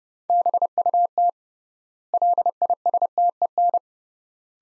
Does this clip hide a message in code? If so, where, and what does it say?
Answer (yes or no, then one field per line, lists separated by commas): yes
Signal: Morse code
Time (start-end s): 0.3-3.8 s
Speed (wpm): 32 wpm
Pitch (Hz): 700 Hz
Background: none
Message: BUT LISTEN